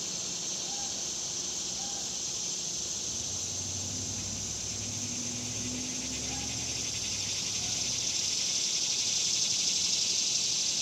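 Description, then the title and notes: Cicada chorus, a shrill pulsing drone that grows louder near the end, with a few faint chirps and a low hum in the middle. Summer; suburbs; outdoor recording of several cicadas. "Ext Summer Cicadas, Suburbs by Bandeto"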